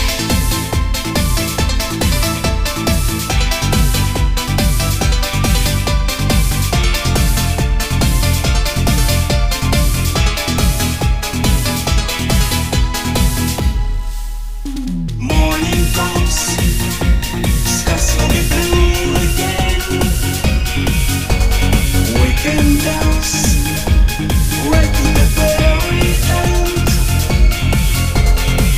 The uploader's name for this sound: Wedding Party Danang Vietnam